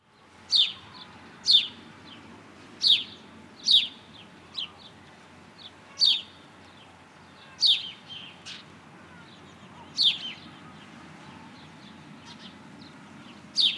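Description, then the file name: House sparrow chirps, short bright notes repeated roughly every one to four seconds in an uneven series, with faint softer chirps between them over a low steady hum. "Passer domesticus"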